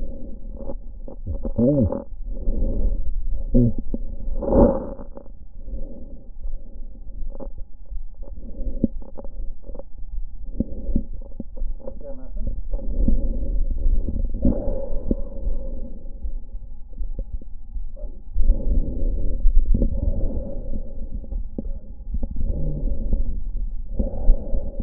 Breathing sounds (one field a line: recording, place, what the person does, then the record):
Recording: lung sounds by stethoscope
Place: left anterior apical chest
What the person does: quiet breathing, then deep breathing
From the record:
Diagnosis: COPD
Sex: female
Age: 80 years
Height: 160 cm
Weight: 62 kg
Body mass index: 24.2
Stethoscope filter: diaphragm mode